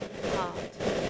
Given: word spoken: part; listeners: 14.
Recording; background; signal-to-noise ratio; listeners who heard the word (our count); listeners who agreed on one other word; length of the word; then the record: one English word in noise, from a listening test; noise modulated by three-talker babble; -6.5 dB; 3 of 14; 6 of 14; 0.70 s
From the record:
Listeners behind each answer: 6, 3, 2, 2, 1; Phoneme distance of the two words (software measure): 10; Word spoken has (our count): 1 syllable, 3 phonemes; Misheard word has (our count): 1 syllable, 3 phonemes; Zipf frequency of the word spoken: 5.67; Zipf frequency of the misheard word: 5.30